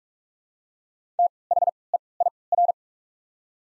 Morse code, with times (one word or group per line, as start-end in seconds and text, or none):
1.2-1.3 T
1.5-1.7 H
1.9-2.0 E
2.2-2.3 I
2.5-2.7 R